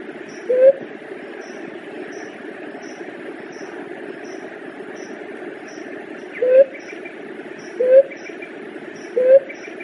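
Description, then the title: Dove giving one low rising coo, a long silence, then three more about 1.4 seconds apart, with continuous hiss and soft regular high ticks behind. "Juriti"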